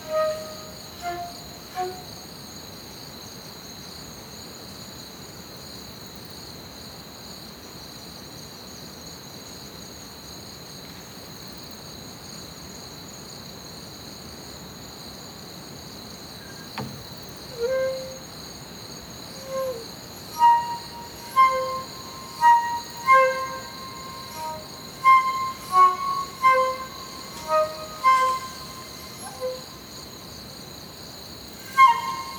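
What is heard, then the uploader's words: Crickets trill steadily through the night in several high, overlapping bands that never let up. A few short, clear chirping calls come at the start, then return after a soft knock near the midpoint, recurring every second or so until the end. Crickets Under Stars. One take, no edits, just some compression and a touch of reverb added.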